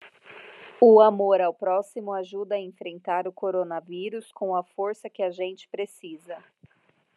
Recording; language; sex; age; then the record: spoken sentence; Brazilian Portuguese; female; 30 to 39 years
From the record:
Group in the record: control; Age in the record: 36 years